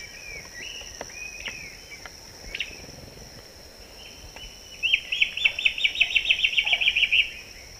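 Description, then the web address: Black-chinned antbird duet: scattered slurred whistles, then a loud fast trilling chatter of many quick notes in the second half, against a constant high insect drone. Duet, eastern lowlands of Ecuador, South America. "Natures Songs S America Eastern Lowlands. Hypocnemoides melanopogon, duet"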